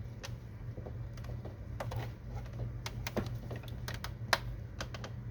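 A plastic printhead for an Epson XP-300, XP-400, XP-330, NX230, XP-410 or XP-430 inkjet printer is handled over the printer carriage, producing a steady run of light plastic taps and ticks over a low hum, with two sharper ticks near 4.3 and 5.3 seconds. The printhead has not yet been pressed home, so nothing has seated or clicked into the carriage.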